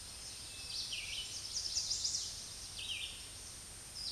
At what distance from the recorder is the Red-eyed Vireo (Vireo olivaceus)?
about 10 m